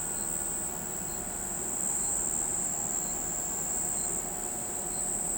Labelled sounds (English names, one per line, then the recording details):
none
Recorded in pastures near Pivijay, Magdalena, Colombia, on 16 April 2023 at 04:30
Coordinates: 10.456, -74.369
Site P6-G026